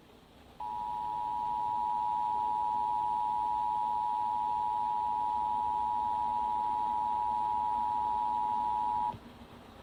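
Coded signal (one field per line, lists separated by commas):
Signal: Emergency Alert System (SAME) tones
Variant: 853 and 960 Hz attention tone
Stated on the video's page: Required Monthly Test EAS tones from the Sacramento area.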